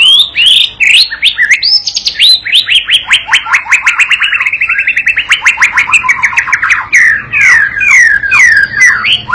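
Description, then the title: White-rumped shama song, opening with rising and falling whistles before breaking into a rapid, steady series of crisp downslurred notes, then slowing into looping whistled phrases. Young (juvenile) bird learning to sing in the continuous gacor style; recording used as a masteran pancingan, a lure-type training song to prompt the bird to respond at once. "MURAI BATU PAUD BELAJAR GACOR, AJARI DENGAN MASTERAN PANCINGAN INI, PANCING LANGSUNG NYAUT"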